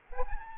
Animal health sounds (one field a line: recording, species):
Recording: mosquito wingbeat signal from an infrared sensor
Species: Aedes albopictus